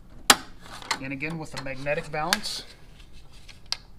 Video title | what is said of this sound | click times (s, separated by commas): How To Take Down Window Blinds: Real wood and faux wood blind removal | you're just going to push your little doors down until they click in. | 0.3 s